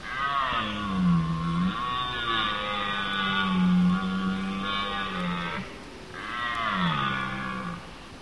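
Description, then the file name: Deer giving long, moaning harmonic calls, the first drawn out over several seconds, followed after a short pause by a shorter falling call. "cervo"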